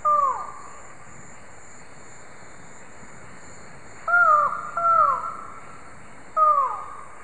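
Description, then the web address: Buckley's forest falcon giving downward-slurred calls, singly and in a pair, spaced irregularly over several seconds, with faint hiss behind. Calls, recorded in the eastern lowlands of South America. "Natures Songs S America Eastern Lowlands Micrastur buckleyi, calls"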